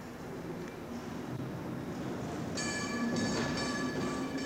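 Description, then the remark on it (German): A tram rumbles steadily along its rails, growing slightly louder, and after a few seconds a high, piercing metallic wheel squeal rises over the rolling noise and holds to the end. “Ja, da kommt sie!”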